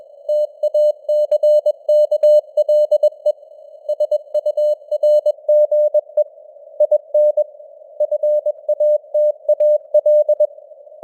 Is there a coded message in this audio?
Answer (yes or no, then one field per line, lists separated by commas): yes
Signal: Morse code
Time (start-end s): 0.3-10.5 s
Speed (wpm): 21 wpm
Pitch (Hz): 600 Hz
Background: none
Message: TACKLE SURGE IN FATAL